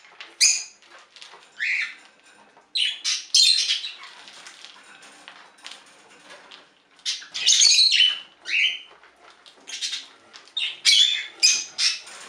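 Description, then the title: Budgerigar chirps and squawks, scattered raspy bursts with short squeaky notes and quiet gaps between. "Budgie Sounds"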